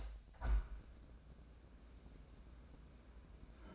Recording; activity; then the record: daily activity, microphone in the room; open window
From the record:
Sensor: 2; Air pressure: 1012.1 hPa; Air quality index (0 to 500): 118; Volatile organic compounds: 1 ppm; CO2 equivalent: 877 ppm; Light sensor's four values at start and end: 113/271/112/111 and 115/273/113/113